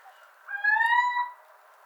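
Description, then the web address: Little owl giving a single loud, slightly rising mewing call lasting under a second, rich in harmonics, against a quiet background. "athene noctua call"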